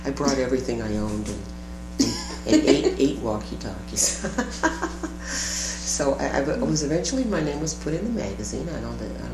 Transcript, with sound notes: I brought everything I owned, and eight walkie-talkies. [laughter] Eventually my name was put in the magazine - I don't